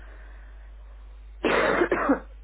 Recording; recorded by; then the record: voluntary cough; telephone call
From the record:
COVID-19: positive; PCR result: self-reported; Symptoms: no